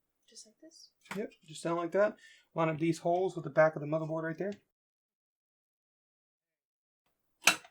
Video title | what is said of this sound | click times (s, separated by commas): First PC Build. | yeah yep click all right | 7.5 s